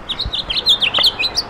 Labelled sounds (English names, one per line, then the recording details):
House Finch song
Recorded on Long Island, New York, on 17 May 2012
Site AB
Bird C